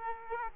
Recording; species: mosquito wingbeat signal from an infrared sensor; Aedes aegypti